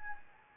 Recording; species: mosquito wingbeat signal from an infrared sensor; Anopheles gambiae